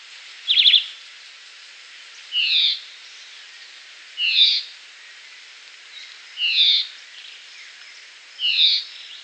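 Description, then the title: Red-eyed vireo with brief whistled phrases, the first slightly burry, then clear slurred notes repeated roughly every two seconds over faint hiss. "LuckyPassaro Completos2Sama. Red-eyed Vireo (Vireo olivaceus)"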